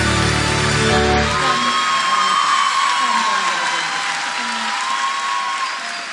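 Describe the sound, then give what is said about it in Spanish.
A large audience applauds loudly and steadily for several seconds, a dense wash of clapping with scattered whoops and cheers rising above it, briefly over a low voice at the start. “Los aplausos bien fuertes para mis nenas, mis bebotas”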